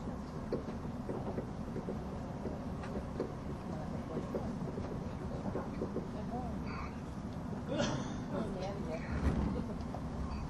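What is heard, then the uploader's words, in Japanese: A steady low rumble of a tilting express train running at speed fills the clip, heavy. Faint voices murmur underneath, with brief brighter rattles and squeaks around eight and nine seconds. SBB線 EC311レ02 Arth-Goldau～Bellinzona。スイスでは主力の車体傾斜車両であるETR610形EC、高速性能と曲線通過性能の両者の本領を発揮できるゴッタルドトベーシトンネルルートの列車を収録したものです。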